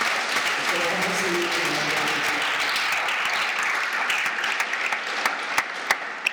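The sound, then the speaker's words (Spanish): An audience applauds loudly and steadily during a sermon, a dense wash of many hands clapping with some voices mixed in early, thinning toward the end to a few scattered, separate claps. “Un aplauso al rey, usted lo va a recibir.”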